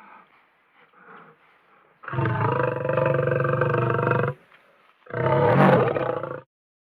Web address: lion growl